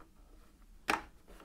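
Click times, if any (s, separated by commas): none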